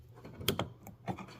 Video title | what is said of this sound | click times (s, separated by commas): 2009+ Gmc Terrain Reverse Light Bulb Replace! Quick FiX Easy Procedure #repair #mechanic | Snap right in there. | 0.5 s